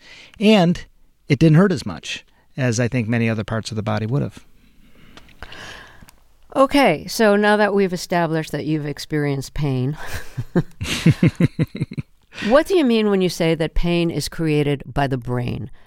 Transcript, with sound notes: And it didn't hurt as much as I think many other parts of the body would have.
OK. So now that we've established that you've experienced pain...
(Laughter).
...What do you mean when you say that pain is created by the brain?